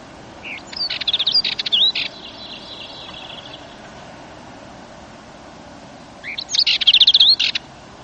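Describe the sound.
Dartford warbler giving two short, scratchy, chattering phrases a few seconds apart, fast buzzy notes mixed with thin whistles, over a quiet background hiss.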